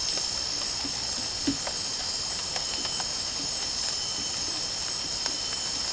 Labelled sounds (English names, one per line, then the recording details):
none
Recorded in dense forest near Puerto Asís, Putumayo, Colombia, on 12 March 2025 at 00:00
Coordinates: 0.467, -76.328
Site G041